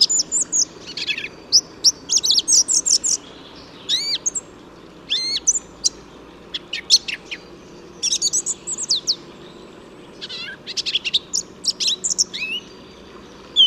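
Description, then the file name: Song thrush singing bright, varied phrases, clipped notes repeated in little runs, then brief pauses before the next phrase. "Singdrossel Gesang"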